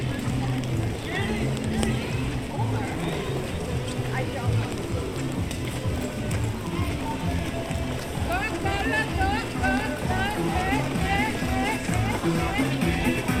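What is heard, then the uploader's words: A walk through Animal Kingdom park at Walt Disney World: a steady crowd murmur of many voices, with chirpy bird calls rising after eight seconds. Take a walk through Animal Kingdom park in Walt Disney World.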